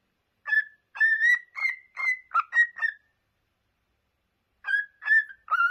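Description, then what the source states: Cockatiel giving short whistled notes in a quick cluster, a pause, then a second cluster of slurred whistles. Several cockatiels, singing and whistling.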